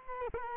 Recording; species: mosquito wingbeat signal from an infrared sensor; Culex quinquefasciatus